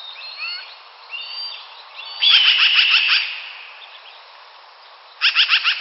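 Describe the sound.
Hawk gives a rough, pulsing scream, then a quick burst of several sharp repeated notes; thin whistles from small birds come first.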